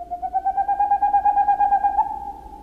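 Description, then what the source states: Boreal Owl hooting song: a rapid, even run of soft hollow hoots, rising slightly in pitch before trailing off. Male's hooting song of staccato notes, which can continue over an hour and carry over a mile.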